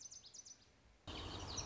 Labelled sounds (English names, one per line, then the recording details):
Lazuli Bunting
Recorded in Sonoma County, California